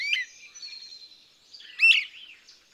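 Bird song: a sharp chirped note, a soft warbled passage, then another loud chirping burst, all high-pitched.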